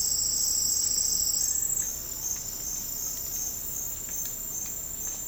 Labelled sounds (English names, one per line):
none